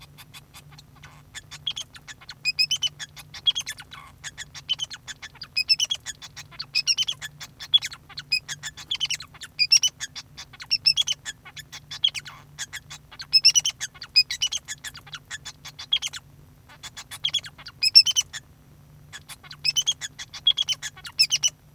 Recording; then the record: song of a male Bengalese finch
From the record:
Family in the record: son of father 2